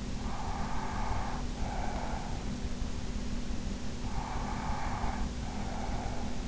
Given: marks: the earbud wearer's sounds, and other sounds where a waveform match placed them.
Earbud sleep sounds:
sounds in sleep by an in-ear microphone; breath
0.26-2.49 s: breath
4.03-6.48 s: breath

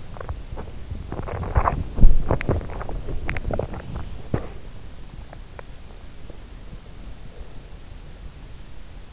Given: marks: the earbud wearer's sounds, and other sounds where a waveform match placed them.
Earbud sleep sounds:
sounds in sleep by an in-ear microphone; swallowing, teeth grinding, breath
0.00-0.45 s: swallowing
1.38-4.68 s: teeth grinding
5.26-6.56 s: teeth grinding
6.96-7.90 s: breath

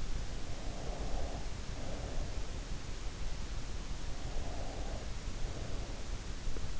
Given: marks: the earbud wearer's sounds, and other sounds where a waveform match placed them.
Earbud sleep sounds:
sounds in sleep by an in-ear microphone; breath
0.92-2.86 s: breath
4.11-6.11 s: breath

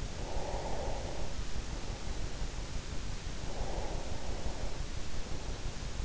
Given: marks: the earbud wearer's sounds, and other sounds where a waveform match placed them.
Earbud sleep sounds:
sounds in sleep by an in-ear microphone; breath
0.00-2.44 s: breath
3.22-5.64 s: breath

